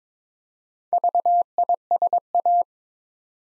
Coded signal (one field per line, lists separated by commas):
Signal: Morse code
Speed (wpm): 22 wpm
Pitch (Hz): 700 Hz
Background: none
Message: VISA